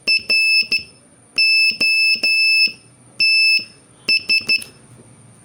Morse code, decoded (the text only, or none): ROTS